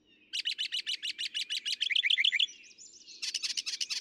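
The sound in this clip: Northern mockingbird song: a fast run of many sharp chirps, a brief thin whistle, then a burst of harsher high notes.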